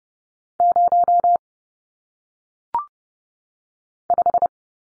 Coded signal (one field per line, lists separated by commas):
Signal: Morse code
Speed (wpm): 30 wpm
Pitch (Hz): 700 Hz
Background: none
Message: 0 5